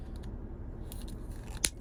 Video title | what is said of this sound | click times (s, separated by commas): 2023 Jeep Grand Cherokee How to replace the key fob remote battery | get it right back in there it snaps back in then we get the cover | 1.6 s